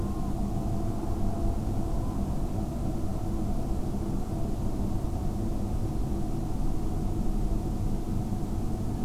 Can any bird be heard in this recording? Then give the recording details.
no. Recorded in France